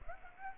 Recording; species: mosquito wingbeat signal from an infrared sensor; Aedes aegypti